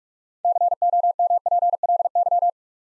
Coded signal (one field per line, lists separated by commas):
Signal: Morse code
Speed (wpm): 44 wpm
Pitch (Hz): 700 Hz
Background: none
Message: COMPLY